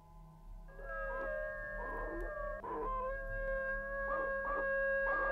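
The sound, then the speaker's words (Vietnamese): At night, the dogs of a whole small neighbourhood, out at their gates with necks stretched, howl together in long, sustained, wavering tones that overlap and swell in repeated surges, with rougher yelping bursts breaking through over a steady low rumble. “Chó của cả xóm cứ thế sổ ra cổng nghền cổ, chu lên từng đợt, nghe ghê rợn.”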